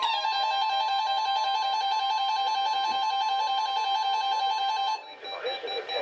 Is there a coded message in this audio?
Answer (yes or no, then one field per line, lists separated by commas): no